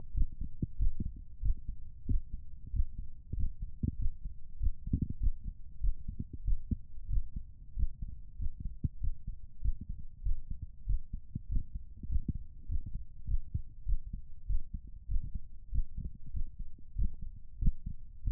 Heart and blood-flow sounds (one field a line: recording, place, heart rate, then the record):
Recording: heart sounds by stethoscope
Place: pulmonary valve (PV)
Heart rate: 98 bpm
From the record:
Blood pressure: 106/72 mmHg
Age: 33 years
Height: 183 cm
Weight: 80 kg